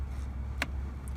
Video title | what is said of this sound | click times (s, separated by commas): How To Remove & Install Turn Signal Wiper Switch Control Lever Steering Wheel 2003-2007 Honda Accord | it just snaps in place. | 0.6 s